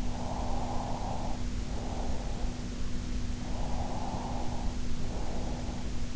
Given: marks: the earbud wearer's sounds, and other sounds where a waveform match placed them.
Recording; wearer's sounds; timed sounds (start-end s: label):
sounds in sleep by an in-ear microphone; breath
0.00-2.49 s: breath
3.31-5.98 s: breath